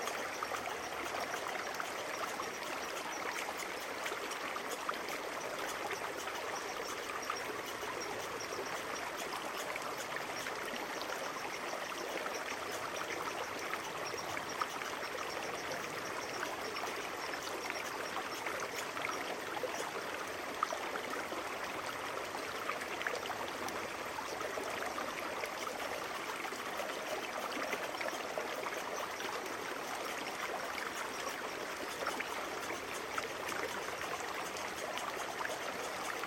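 A creek flows steadily for the whole stretch, a dense, even rush of water with no pauses or surges. The sound is bright, filled with fine splashing and trickling detail over a softer low murmur, and nothing else stands out.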